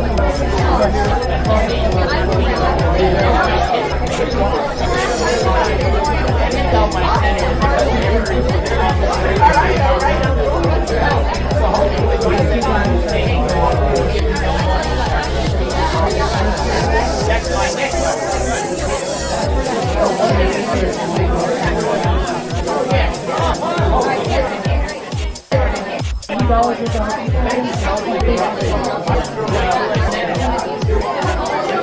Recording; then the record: background sound without coughing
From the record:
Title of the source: Nightlife Party Simulating Party Club Noise 1 Hour